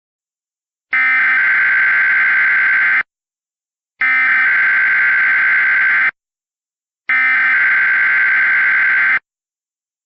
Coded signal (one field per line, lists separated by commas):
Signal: Emergency Alert System (SAME) tones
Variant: header bursts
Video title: EAS Reenactment: Extreme Wind Warning for Lake Charles, LA